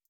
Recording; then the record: hydrophone in a shrimp aquaculture tank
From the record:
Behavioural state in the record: feeding